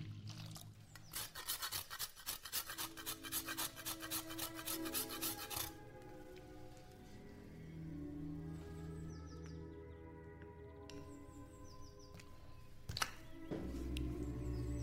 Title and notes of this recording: Vintage kitchen ASMR Ambience | cooking with oldies playing. Granny is cooking in the kitchen while oldies music playing from living room